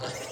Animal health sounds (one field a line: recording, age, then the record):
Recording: pig call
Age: piglet (1 to 25 days)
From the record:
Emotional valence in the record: negative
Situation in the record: long isolation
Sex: female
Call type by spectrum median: low-frequency call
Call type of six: high-frequency modulated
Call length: 0.32 s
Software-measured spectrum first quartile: 544 Hz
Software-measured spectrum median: 1538 Hz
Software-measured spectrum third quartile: 4392 Hz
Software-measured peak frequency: 508 Hz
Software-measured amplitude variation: 86 dB a second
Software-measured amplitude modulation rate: 23.4 a second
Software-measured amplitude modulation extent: 3.7 dB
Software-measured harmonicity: 1.8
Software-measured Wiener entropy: -1.67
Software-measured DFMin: 777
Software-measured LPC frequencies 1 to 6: 606, 1410, 2079, 2989, 3947, 4667 Hz